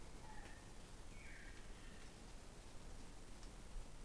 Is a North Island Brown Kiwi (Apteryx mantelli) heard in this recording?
no